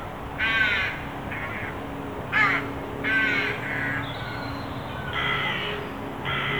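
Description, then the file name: Carrion crow calling, a series of hoarse rasping caws, with a steady low hum behind. "Corvus corone"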